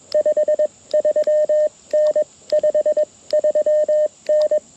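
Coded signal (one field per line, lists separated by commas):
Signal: Morse code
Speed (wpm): 21 wpm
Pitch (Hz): 610 Hz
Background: none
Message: 53N 53N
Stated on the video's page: QRP CW Parks on the Air activation using a Mountain Topper radio and end fed half wave antenna.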